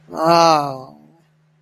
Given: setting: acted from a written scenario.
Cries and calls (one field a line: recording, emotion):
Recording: vocal sound without words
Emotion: shame